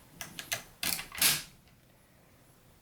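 An en-bloc clip of dummy snap-cap rounds is pushed down into an M1 rifle's receiver, with light metallic clicks near 0.2, 0.4 and 0.5 seconds. The follower trips early with a click at 0.9 s, prematurely releasing the bolt, followed by a louder metallic clatter around 1.2 to 1.4 s and a faint tick near 1.7 s. The clip has clicked but is not fully down and locked.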